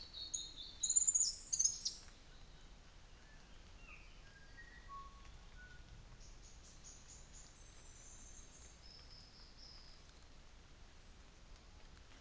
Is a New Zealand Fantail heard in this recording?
no